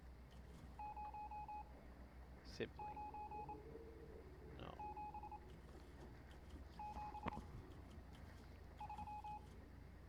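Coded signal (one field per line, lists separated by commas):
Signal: Morse code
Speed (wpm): 26 wpm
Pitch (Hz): 840 Hz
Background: speech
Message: 09773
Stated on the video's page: Morse heard in the game Stories Untold.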